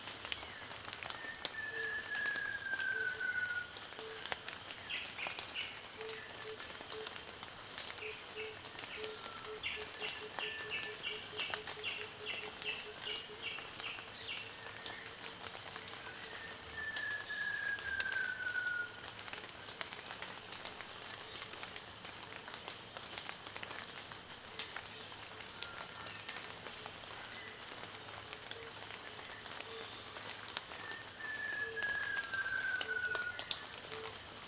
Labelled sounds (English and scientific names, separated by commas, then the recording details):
Red-tailed Bristlebill (Bleda syndactylus)
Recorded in Kibale, Uganda